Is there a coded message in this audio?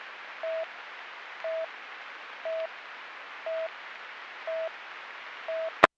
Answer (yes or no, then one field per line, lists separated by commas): no